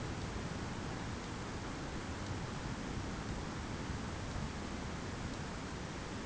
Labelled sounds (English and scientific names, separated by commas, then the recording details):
none
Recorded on Arctic tundra, site ZACK-1, on 15 June 2019
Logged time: 21:49